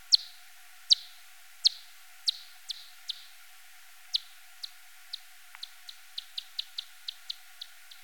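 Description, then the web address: Large-footed myotis echolocation, crisp ticking pulses at an uneven pace, some louder, others softer, with one faint lower blip midway. "Myotis macropus"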